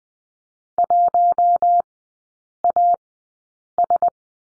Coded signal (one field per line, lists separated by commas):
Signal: Morse code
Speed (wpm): 20 wpm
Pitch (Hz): 700 Hz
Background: none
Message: 1AS